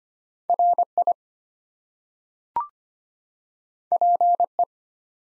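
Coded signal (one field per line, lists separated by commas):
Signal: Morse code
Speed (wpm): 25 wpm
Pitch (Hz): 700 Hz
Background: none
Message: RI PE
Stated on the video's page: Head-copy drill of US state and Canadian province names at 25 wpm, each sent in Morse, spoken, then sent again.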